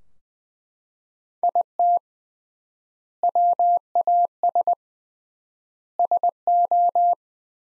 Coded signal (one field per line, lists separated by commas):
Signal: Morse code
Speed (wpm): 20 wpm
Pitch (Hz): 700 Hz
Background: none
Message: IT WAS SO